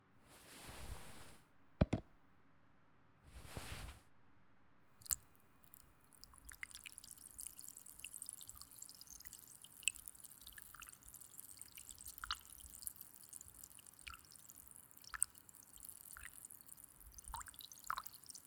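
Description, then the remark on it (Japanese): Two short soft hissing bursts, then a cotton swab being soaked with plenty of fizzy carbonated liquid for ear care: a steady, faint crackle of tiny bubbles popping, dotted with sharper clicks and drips. “じゃあ綿棒に炭酸いっぱい染み込ませますよ。”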